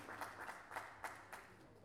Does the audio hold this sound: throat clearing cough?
no